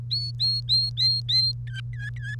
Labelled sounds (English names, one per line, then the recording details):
Domestic Canary song
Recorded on 1 May 2018 at 08:52
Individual llb3